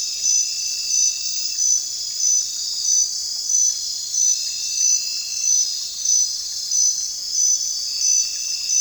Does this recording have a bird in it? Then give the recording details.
no. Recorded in dense forest near Puerto Asís, Putumayo, Colombia, on 21 December 2024 at 22:30. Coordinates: 0.467, -76.328. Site GP05